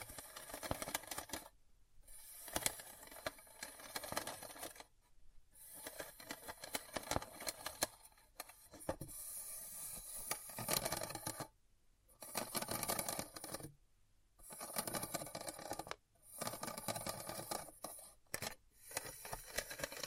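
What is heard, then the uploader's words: ASMR triggers: crisp, crackly tapping and scratching sounds come in short bursts, separated by brief silences near 2, 5, 11.5, 14 and 16 seconds. The bursts are bright and dense, like scissors snipping or rapid typing, with occasional sharper clicks throughout. ASMR 100+ Hypnotizing Triggers.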